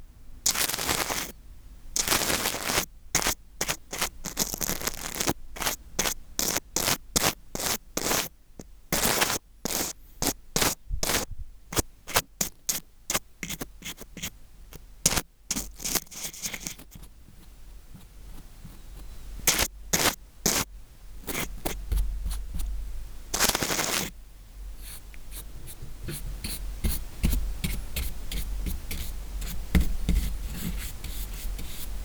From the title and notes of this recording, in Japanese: ザツな耳かき…3種の神器/綿棒/ブラシ。